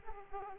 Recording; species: mosquito wingbeat signal from an infrared sensor; Aedes aegypti